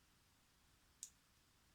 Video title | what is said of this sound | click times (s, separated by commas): Never loose an Enamel Pin again! | that little click you want to hear that and then you can just test it and make sure it's on | 1.0 s